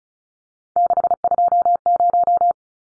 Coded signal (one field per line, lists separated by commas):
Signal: Morse code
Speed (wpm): 34 wpm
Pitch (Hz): 700 Hz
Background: none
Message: 620